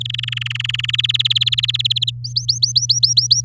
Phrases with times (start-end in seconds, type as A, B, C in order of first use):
0.01-0.91 A, 0.93-2.11 B, 2.24-3.45 C